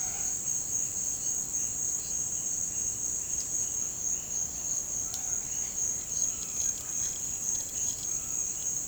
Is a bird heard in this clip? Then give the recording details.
no. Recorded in pastures near Puerto Asís, Putumayo, Colombia, on 29 June 2025 at 16:30. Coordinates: 0.472, -76.331. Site G095